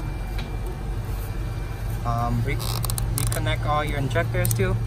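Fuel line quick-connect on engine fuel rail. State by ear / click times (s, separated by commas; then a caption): seated / 0.4 s. A fuel line quick-connect is pressed onto the engine fuel rail, and its blue plastic lock tab is pushed back to lock it. One sharp snap is heard at 0.4 s as the tab closes, so the connector is seated and locked. Someone talks through the rest of the clip.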